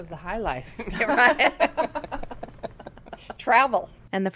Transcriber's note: laughs